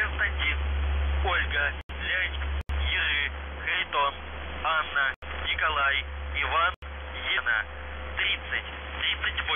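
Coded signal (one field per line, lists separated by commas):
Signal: numbers station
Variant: UVB-76, Russian voice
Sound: russian voice reading phonetic-alphabet names and numbers over a steady low radio hum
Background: radio hum and static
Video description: Message text: 99 921 58 119 48 552 25 760 50 800 KOLYKhANIYe (КОЛЫХАНИЕ) 30 38 50 93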